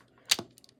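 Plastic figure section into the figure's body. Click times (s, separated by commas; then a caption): 0.3 s. A plastic section of a Transformers Studio Series 72 Voyager Class Bumblebee movie Starscream figure is untabbed, swung all the way around and pushed into the figure's body. It snaps into place with a sharp click at 0.3 s, followed by a softer clack at 0.4 s and a few faint ticks near 0.6–0.7 s. The section is seated.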